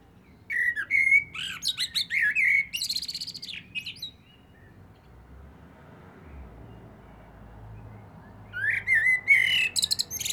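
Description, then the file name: Eurasian blackbird song: a warbling whistled phrase with a buzzy high trill at its end, a long quiet gap, then another phrase begins. "Turdus merula"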